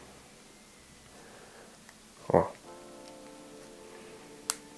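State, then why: Seated. A soft plastic or rubber tire on a scale model truck is pressed over its plastic wheel rim, with someone talking and a steady tonal hum in the background. The tire snaps sharply into place at 4.5 s, seated on the rim.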